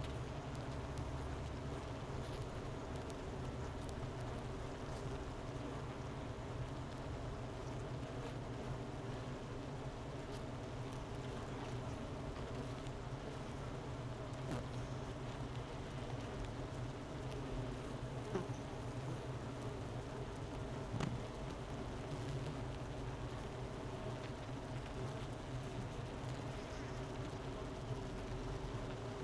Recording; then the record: honeybee colony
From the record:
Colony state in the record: missing queen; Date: 31 May 2018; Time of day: 11:34